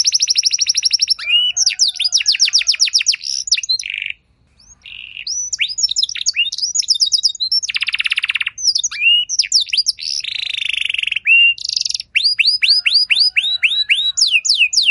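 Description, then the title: Canary delivering a long varied song: dense rapid trills, harsh buzzy rolls and looping whistled notes, with a couple of brief pauses. Belgian canary song with elaborate phrases, played to warm up and stimulate other canaries so they answer with long continuous song. "Canto Para Esquentar Canário Belga. Suara Burung Kenari Lagu dan Cengkok Mewah Buat Kenari Lain Bakal Langsung Nyaut Gacor Panjang"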